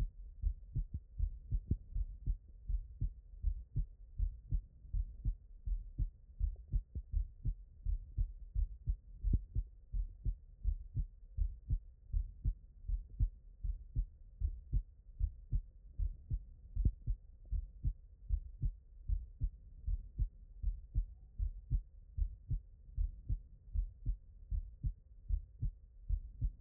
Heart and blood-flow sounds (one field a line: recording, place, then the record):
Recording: heart sounds by stethoscope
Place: tricuspid valve (TV)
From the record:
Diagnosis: non-HFrEF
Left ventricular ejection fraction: 64%